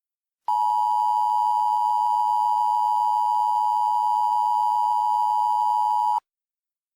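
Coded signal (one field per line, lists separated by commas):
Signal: Emergency Alert System (SAME) tones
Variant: 853 and 960 Hz attention tone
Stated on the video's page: Fictional mock EAS alert.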